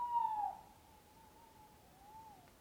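Owl giving one brief low hoot that fades into a long faint wavering tone.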